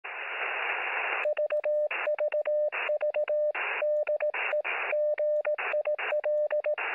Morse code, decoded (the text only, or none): VVV DE GIL